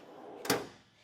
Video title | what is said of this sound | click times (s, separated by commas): etrailer - Yakima MOD Topper for HomeBase SUV Storage Drawer Review | it locks into place in the open position which is great because then when you have your | 0.5 s